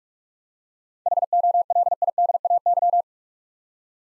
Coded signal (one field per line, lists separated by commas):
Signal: Morse code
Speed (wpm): 46 wpm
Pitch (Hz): 700 Hz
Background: none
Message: HOLIDAY